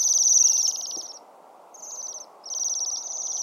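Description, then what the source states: Bohemian Waxwing flight calls: high, buzzy, trilled notes in three bursts, a long one, a short one and another long one. Call lower and slower than cedar waxwing's, helping separate them in flight.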